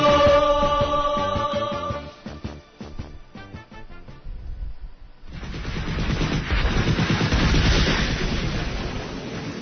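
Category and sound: sound effect, series of loud explosions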